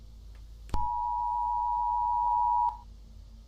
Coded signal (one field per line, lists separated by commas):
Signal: Emergency Alert System (SAME) tones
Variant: 853 and 960 Hz attention tone